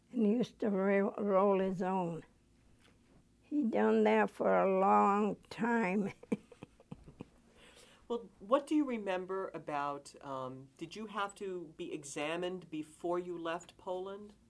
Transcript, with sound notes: and he used to roll his own. He done that for a long time. (she laughs)
Well, what do you remember about, did you have to be examined before you left Poland?